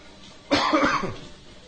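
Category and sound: human body sound, coughing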